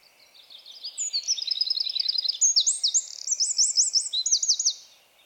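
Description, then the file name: Eurasian wren singing a long, loud, tumbling stream of high trills and rattling repeated notes for about four seconds. "Troglodytes troglodytes"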